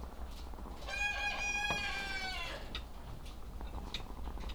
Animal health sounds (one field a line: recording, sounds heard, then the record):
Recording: poultry house recording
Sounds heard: sick chickens (respiratory disease)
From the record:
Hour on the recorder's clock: 17